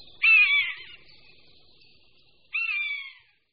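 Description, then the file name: Common buzzard giving two mewing calls, the first longer and louder, then a shorter one after a pause. "Káně-lesní"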